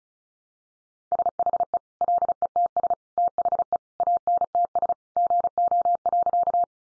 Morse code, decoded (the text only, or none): SHE LETS THE ANTS GO.